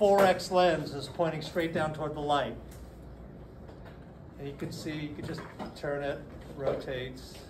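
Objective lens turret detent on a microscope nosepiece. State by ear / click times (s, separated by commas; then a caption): not seated / none. Someone talks while the rotating nosepiece of a light microscope is turned to bring the short 4X objective lens straight down toward the light. There are faint handling sounds under the voice, but the objective turret's detent has not clicked and nothing has seated in position yet.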